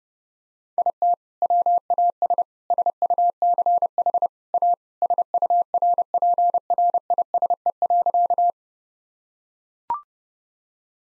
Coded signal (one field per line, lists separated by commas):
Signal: Morse code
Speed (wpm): 30 wpm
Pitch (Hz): 700 Hz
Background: none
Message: IT WAS SUCH A SURPRISE.